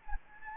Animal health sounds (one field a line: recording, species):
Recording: mosquito wingbeat signal from an infrared sensor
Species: Anopheles gambiae